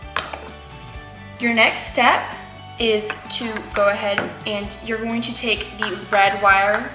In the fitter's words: box lid back on tour it snaps into place your